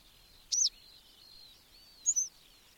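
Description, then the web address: Bird giving two bright, high chirps a second and a half apart, while faint thin whistles carry on underneath. "madarak enek"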